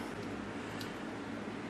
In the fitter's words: it goes down here and then as it turns it it's supposed to snap into place which doesn't seem to want to work without the spring